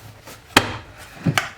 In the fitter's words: you gotta hear that snap